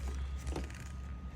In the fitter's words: To the left. You'll feel it click. But you'll just pull it out.